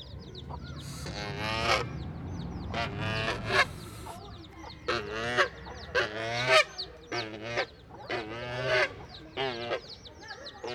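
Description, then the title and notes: Goose honking in a series of brassy, strained calls, some close together, while small chicks peep steadily in the background. Goose near newly hatched chicks in a park in Saint-Gilles, Belgium; the source says the goose hisses; recorded with Sony PCM-D100 internal microphones in XY position. "Parc Pierre Paulus, Saint-Gilles, Belgique - Poussins et oie - Chicks and goose. des poussins viennent de naître, et une oie souffle"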